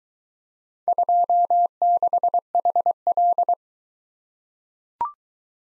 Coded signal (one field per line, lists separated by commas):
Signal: Morse code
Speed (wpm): 24 wpm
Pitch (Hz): 700 Hz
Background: none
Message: 26HL